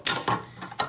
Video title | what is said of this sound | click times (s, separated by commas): Unbox & Review: WORKPRO 3PC Snow Survival Kit Essentials | and clip it into place so we have a really nice long emergency | 0.8 s